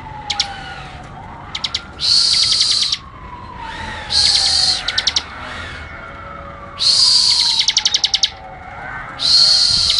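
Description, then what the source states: Bar-winged prinia rapid song, dense buzzy bursts alternating with quick ticking runs, every couple of seconds, with a faint siren sweeping underneath. Ngebren style: rapid song of the ciblek.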